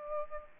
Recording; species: mosquito wingbeat signal from an infrared sensor; Aedes aegypti